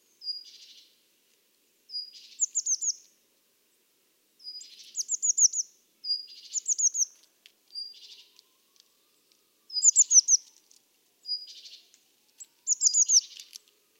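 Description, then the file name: Eurasian blue tit calling: a thin high note, often followed by a quick run of downslurred chirps, repeated several times. "Cyanistes caeruleus"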